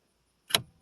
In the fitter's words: and it locks into place and